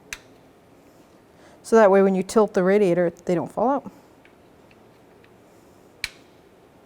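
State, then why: Seated. A square self-locking washer is pressed onto the mounting stud of a radiator being installed in a 1997–2004 Dodge Dakota, knurled side last, so it stays put when the radiator is tilted. It snaps into place with a sharp click at 0.1 s. Someone then talks, and another sharp tick is heard near 6.0 s.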